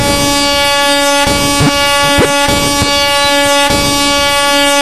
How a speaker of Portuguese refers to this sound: Peraí, peraí, peraí. Pera que eu trouxe a buzinada. A buzinada.